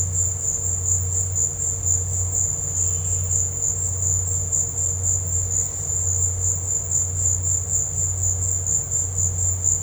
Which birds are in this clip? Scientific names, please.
none